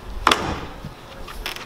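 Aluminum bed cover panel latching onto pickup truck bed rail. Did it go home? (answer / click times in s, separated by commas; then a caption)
yes / 0.3 s, 1.5 s. Folding aluminum truck bed cover panels are lowered and pressed down onto the pickup truck bed rail so their latches lock. A sharp double click sounds at 0.3 s, and a quieter double click follows at 1.5 s. Both sides seat and lock into place.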